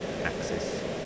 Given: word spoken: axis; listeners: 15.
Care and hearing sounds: one English word in noise, from a listening test; speech-shaped noise; -4.8 dB; 4 of 15; 11 of 15; 0.65 s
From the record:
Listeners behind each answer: 11, 4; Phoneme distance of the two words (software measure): 10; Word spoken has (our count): 2 syllables, 5 phonemes, stress on syllable 1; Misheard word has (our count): 2 syllables, 5 phonemes, stress on syllable 1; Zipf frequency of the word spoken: 3.25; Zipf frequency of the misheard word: 4.75

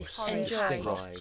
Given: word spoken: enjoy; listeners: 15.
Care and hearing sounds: one English word in noise, from a listening test; four-talker babble; -1.3 dB; 4 of 15; 7 of 15; 0.81 s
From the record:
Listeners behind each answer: 7, 4, 1, 1, 1, 1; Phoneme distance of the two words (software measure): 7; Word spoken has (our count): 2 syllables, 4 phonemes, stress on syllable 2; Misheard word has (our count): 2 syllables, 5 phonemes, stress on syllable 2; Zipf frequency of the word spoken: 5.05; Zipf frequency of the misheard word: 4.78

